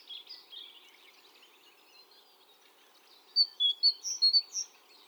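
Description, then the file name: Great tit calls, faint twittering at first, then a run of loud, sharp, high chirps repeated quickly toward the end. "Parus major"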